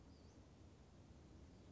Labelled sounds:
Western Flycatcher
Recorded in Sonoma County, California

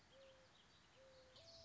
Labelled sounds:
Mourning Dove
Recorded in Sonoma County, California

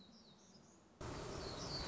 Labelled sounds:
Black-throated Gray Warbler
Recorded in Sonoma County, California

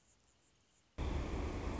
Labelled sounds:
Anna's Hummingbird
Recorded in Sonoma County, California

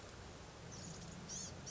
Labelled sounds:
Blue-gray Gnatcatcher
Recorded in Sonoma County, California

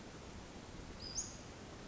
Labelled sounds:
Western Flycatcher
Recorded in Sonoma County, California

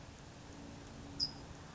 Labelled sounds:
California Towhee
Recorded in Sonoma County, California

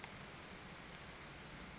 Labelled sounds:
Western Flycatcher
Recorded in Sonoma County, California

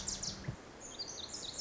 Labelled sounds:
Pacific Wren
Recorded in Sonoma County, California

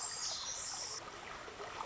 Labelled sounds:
Pacific Wren
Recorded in Sonoma County, California

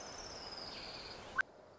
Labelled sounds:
Orange-crowned Warbler
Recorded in Sonoma County, California

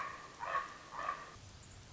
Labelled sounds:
Common Raven
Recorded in Sonoma County, California

